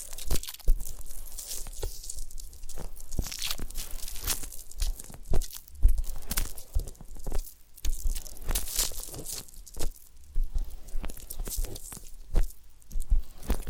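Massage and ear-cleaning sounds: a dense run of crisp crunching and scratching, with bright rustles bursting out every second or so. Short sharp clicks and low thumps pop up irregularly throughout, and the busy texture keeps changing without settling into a steady rhythm.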